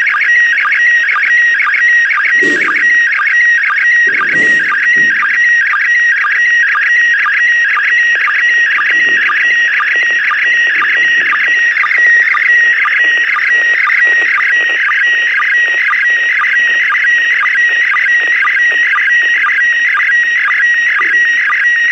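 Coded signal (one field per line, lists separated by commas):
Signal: SSTV (slow-scan television)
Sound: continuous warbling tone with rhythmic low sync blips about twice a second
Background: radio static, handling noise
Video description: Foi capturado áudio da transmissão em SSTV da ISS e registrado em vídeo. Deste áudio, via aplicação RX-SSTV, se decodificou a imagem.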